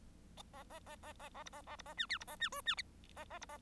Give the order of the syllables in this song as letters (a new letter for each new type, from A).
A A A A A A B A A B A C D B A C E C A A B A